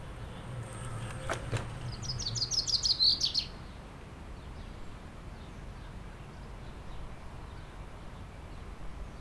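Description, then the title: Common chaffinch song, one fast trill of sharp notes closing with a flourish, after a brief click, over low background noise. Singing in a tree in Aix-les-Bains, France, while preening; car park, scooters, e-bikes, Sierroz stream in background. "30 Rue Eugène Fert, Aix-les-Bains, France - Pinson des arbres"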